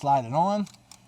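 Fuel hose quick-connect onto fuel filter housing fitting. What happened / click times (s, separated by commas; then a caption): Hose connector being slid on, not yet seated; no seating click / none. Someone talks while sliding the right fuel hose quick-connect onto the fuel filter housing fitting of a 2015 Ford F350 6.7 Powerstroke diesel truck. After the talking stops at about 0.6 s, faint brief handling noises come at about 0.7 s and 0.9 s. The hose has not seated or clicked yet.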